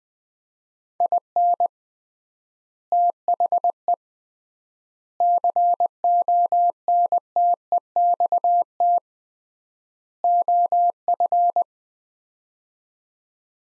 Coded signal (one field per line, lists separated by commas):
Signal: Morse code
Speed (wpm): 20 wpm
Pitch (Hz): 700 Hz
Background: none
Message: IN THE CONTEXT OF